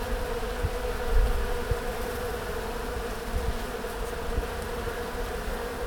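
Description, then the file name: Honey bees swarming, a continuous buzzing drone holding an even pitch throughout, with soft low thuds in the background. "Eixam D Abelles"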